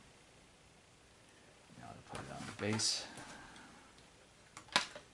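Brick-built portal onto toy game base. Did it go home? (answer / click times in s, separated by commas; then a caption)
yes / 4.8 s. Someone talks, then the assembled plastic Lego Dimensions brick portal is pressed down onto its plastic base. A faint tick at 4.6 s is followed by a sharp click at 4.8 s as the portal snaps into place and is seated.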